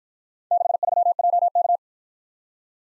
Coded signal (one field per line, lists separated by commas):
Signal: Morse code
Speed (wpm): 50 wpm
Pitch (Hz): 700 Hz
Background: none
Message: 63JK